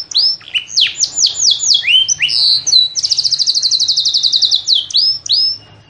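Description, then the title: Yorkshire canary song of broad swooping whistles followed by a rapid, rattling high trill and more slurred notes at the close. Yorkshire canary singing a long, vigorous song (gacor). "Suara Burung Kenari Yorkshire Gacor Kicau Panjang"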